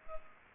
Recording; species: mosquito wingbeat signal from an infrared sensor; Culex pipiens